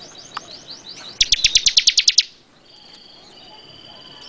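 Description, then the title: Bar-winged prinia song: a few thin descending whistles, then a fast burst of around ten loud dry clicks, followed by a long steady high whistle. "Suara Burung Ciblek"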